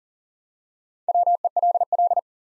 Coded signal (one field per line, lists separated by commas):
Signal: Morse code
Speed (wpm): 38 wpm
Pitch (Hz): 700 Hz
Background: none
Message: WELL